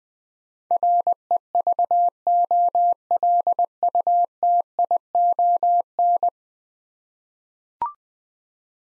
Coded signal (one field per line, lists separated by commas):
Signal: Morse code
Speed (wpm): 21 wpm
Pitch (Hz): 700 Hz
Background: none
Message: REVOLUTION